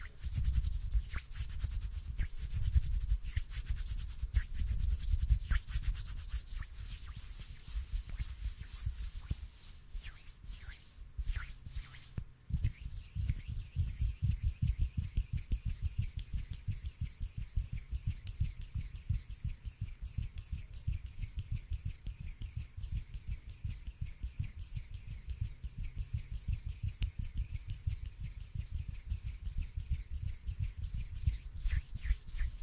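Hands rubbing and brushing together in a dense, continuous stream of rapid, scratchy strokes with a low rumble underneath. The texture shifts around twelve seconds, with a brief break and a couple of sharp clicks, then carries on with quicker, more regular friction.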